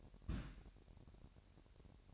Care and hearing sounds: daily activity, microphone in the room; place on stove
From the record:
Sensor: 2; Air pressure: 1011.8 hPa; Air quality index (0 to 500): 200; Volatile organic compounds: 3 ppm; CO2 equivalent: 1419 ppm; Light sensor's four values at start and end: 63/150/62/60 and 63/150/62/60

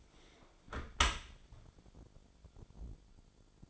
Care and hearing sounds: daily activity, microphone in the room; close dishwasher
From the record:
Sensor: 5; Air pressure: 1007.0 hPa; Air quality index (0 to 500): 181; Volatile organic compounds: 5 ppm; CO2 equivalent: 1731 ppm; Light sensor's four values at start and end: 52/144/57/56 and 52/145/57/57

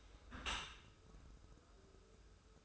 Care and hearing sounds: daily activity, microphone in the room; close dishwasher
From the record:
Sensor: 2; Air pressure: 1014.9 hPa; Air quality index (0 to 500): 26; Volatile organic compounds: 1 ppm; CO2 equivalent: 508 ppm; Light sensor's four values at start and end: 10/23/10/10 and 10/23/10/10

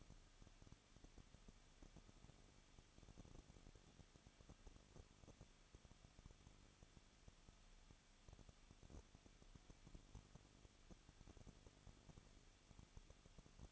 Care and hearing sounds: daily activity, microphone in the room; no activity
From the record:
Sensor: 4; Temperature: 23.0 degrees Celsius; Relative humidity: 34.4%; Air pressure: 1007.4 hPa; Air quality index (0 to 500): 212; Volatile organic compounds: 14 ppm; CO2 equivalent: 2442 ppm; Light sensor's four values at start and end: 2/3/1/1 and 2/3/1/1

